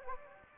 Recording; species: mosquito wingbeat signal from an infrared sensor; Anopheles gambiae